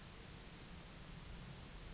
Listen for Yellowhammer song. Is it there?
no